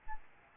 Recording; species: mosquito wingbeat signal from an infrared sensor; Aedes albopictus